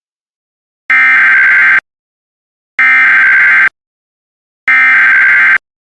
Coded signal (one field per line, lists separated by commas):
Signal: Emergency Alert System (SAME) tones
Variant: header bursts